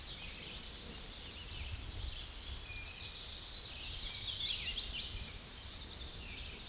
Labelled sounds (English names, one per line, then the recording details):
Hooded Warbler song
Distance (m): 175 m
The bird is about 30 m above the microphone
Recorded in a Pennsylvania forest on 16 May 2024 at 09:49
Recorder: AudioMoth, point MSD-2155
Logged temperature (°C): 15.6 °C
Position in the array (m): -94 m, 195 m